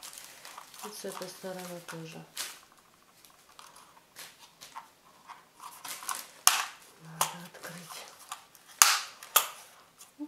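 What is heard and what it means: Someone talks while the folding plastic arms on the other side of a Zoom quadcopter are opened in their body hinges. Each arm snaps into its locked position with sharp clicks at 6.5 s and 8.8 s, and both arms are seated.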